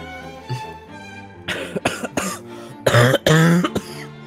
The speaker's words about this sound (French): Et du coup, après avoir toussé comme cela, tu commences vraiment à perdre puissance